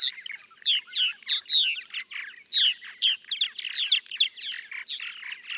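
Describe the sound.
Purple martin's lively gurgling song, a fast stream of throaty chirps and slurred notes with no pauses.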